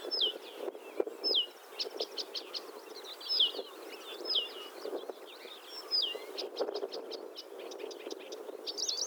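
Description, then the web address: Blyth's reed warbler singing in varied phrases of sharp upslurred whistles, ticks and repeated notes, separated by brief pauses, with a low background hum throughout. "Struikrietzanger. graszanger acrocephalus dumetorum"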